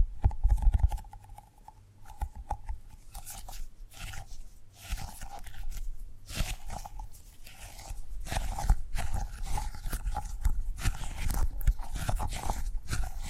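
Tapping and gripping sounds: a busy run of short, sharp taps and clicks, irregular but nearly constant, with dull low knocks underneath. A faint squeaky tone recurs between the hits, and the tapping grows denser and louder after about eight seconds.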